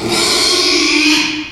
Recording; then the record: squeal of a Yucatan mini pig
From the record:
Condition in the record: after surgery on the right vocal fold (resection and tissue-engineered implant); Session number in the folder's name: 2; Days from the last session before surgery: 13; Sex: male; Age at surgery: 12 weeks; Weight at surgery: 13 kg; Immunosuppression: cyclosporine, prednisolone